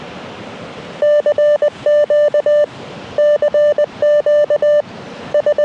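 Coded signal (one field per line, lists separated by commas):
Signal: Morse code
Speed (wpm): 20 wpm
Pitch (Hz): 590 Hz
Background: none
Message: CQ CQ S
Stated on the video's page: SOTA summit activation on a hike-up mountain; bands were very poor.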